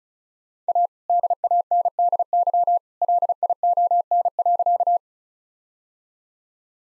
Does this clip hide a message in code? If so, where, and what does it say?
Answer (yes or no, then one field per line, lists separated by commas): yes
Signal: Morse code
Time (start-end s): 0.7-5.0 s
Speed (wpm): 34 wpm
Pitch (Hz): 700 Hz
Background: none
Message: A DANDY LION.